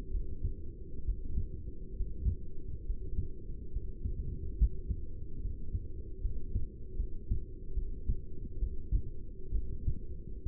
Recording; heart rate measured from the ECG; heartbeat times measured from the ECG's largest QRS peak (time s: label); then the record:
heart sounds by stethoscope; 70 bpm
0.12 s: heartbeat
1.05 s: heartbeat
1.97 s: heartbeat
2.86 s: heartbeat
3.73 s: heartbeat
4.58 s: heartbeat
5.42 s: heartbeat
6.22 s: heartbeat
6.97 s: heartbeat
7.75 s: heartbeat
8.60 s: heartbeat
9.52 s: heartbeat
10.44 s: heartbeat
From the record:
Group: heart failure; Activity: breath hold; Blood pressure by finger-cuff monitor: 146/112 mmHg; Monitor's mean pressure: 121 mmHg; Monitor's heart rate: 69 bpm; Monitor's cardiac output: 6.1 L/min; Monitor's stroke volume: 85 mL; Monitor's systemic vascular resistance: 1520 dyn s/cm5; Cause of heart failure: non-ischemic cardiomyopathy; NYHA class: 1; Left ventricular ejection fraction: 62%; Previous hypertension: present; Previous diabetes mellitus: present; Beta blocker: bisoprolol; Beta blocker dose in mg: 10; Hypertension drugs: sacubitril-valsartan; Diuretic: furosemide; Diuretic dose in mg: 20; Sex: male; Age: 49 years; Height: 167 cm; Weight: 110 kg